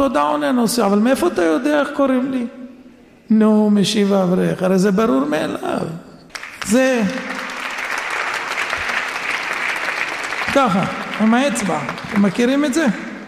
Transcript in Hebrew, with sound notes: עונה הנוסע, "אבל מאיפה אתה יודע איך קוראים לי?' - "נו" משיב האברך: "זה הרי ברור מאליו"... (הקהל מוחא כפים) זה ככה עם האצבע, אתם מכירים את זה?